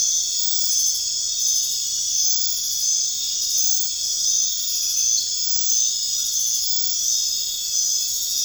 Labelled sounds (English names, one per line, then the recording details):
none
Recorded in dense forest near Puerto Asís, Putumayo, Colombia, on 21 March 2025 at 22:30
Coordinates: 0.484, -76.317
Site G064